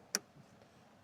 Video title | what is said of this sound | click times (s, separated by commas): Is this the BEST Dash Cam for the 2021-2026 Toyota Sienna? - FitCamX Dash Cam Install | Going to snap in place there. | 0.2 s